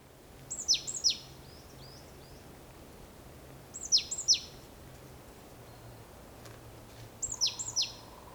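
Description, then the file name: Great tit calls: short, very high downward-sweeping notes given in pairs or triplets, three bursts spaced a few seconds apart over quiet background hiss. "Parus major"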